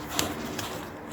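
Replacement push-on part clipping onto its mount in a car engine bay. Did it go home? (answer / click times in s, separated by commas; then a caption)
yes / 0.2 s. A new push-on part is pressed over its mounting in the engine bay of an Audi TT Mk1 1.8T Quattro 225BHP 6-speed manual, with a little anti-seize at the bottom so it clips over. A sharp snap is heard at 0.2 s, followed by a fainter tap at 0.6 s over a low background hum. The part snaps into position and is seated.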